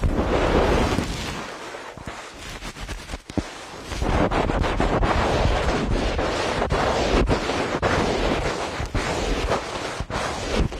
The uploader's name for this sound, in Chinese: 鹅毛棒